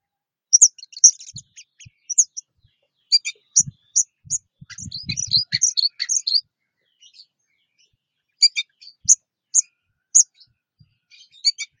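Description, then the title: Orange-headed thrush song, bursts of high, scratchy twittering notes in quick clusters with pauses, plus several dull low thumps beneath. "Anis Merah"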